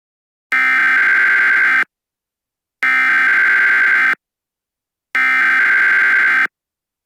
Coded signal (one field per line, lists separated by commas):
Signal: Emergency Alert System (SAME) tones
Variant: header bursts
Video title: The Motaco Armageddon [EAS SCENARIO]